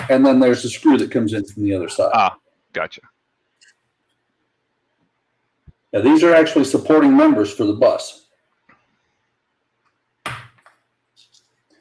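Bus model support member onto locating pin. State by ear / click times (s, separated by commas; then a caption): seated / 10.3 s. A plastic support member for a die-cast and plastic Routemaster model bus is pressed onto its locating pin while someone talks. After the talking stops, a sharp snap at 10.3 seconds marks the member popping solidly into place, followed by a few faint small clicks.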